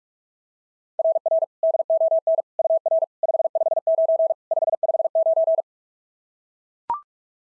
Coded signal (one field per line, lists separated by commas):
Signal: Morse code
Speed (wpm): 42 wpm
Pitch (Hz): 660 Hz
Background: none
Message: RR DON UR 559 559